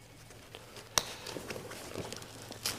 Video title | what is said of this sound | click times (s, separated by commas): Waterproof D1 Hybrid Drysuit Review | and locked into place it's as easy as that literally replace within seconds | 1.0 s